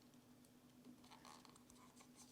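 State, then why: Seated. A plastic camera gimbal protector is put back on a Mavic Air 2 drone body: its two small teeth are hooked in first, then the cover is gently pushed. A cluster of small plastic clicks is heard from about 1.1 s over a steady low hum. The loudest and last click at 1.7 s is the protector snapping into place, seated.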